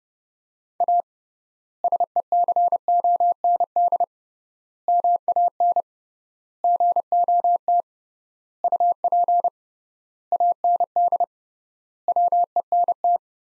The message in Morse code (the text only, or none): A SECOND MAN GOT UP AND WENT